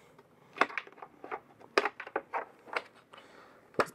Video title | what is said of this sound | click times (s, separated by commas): How To Waterproof The Starlink Mini Ethernet With Starlink's Official Waterproof Ethernet Cable | Push that in all the way there and you can hear it clicks right in and now you should be able to see it's in there quite nicely. | 1.8 s